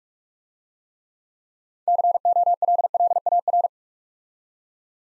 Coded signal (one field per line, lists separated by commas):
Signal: Morse code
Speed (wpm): 45 wpm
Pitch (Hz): 700 Hz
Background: none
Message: COLLAR